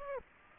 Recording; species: mosquito wingbeat signal from an infrared sensor; Aedes aegypti